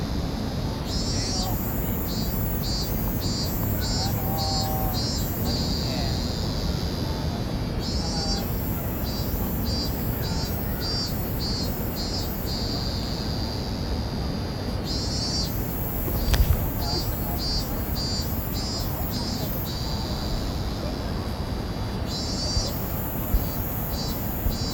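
A plaza in front of Tokyo Station, filled with a steady, dense rumble of traffic and crowd. Bursts of quick, regular high chirping come and go about every seven seconds, with faint voices underneath and a single sharp thump near sixteen seconds.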